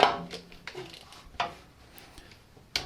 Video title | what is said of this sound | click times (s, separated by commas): Part 8 - Refitting Clutch Slave Cylinder, Alternator, Water Pump, Inlet Manifold onto MNII R50 🚗 | wait for our click there's our click | 2.8 s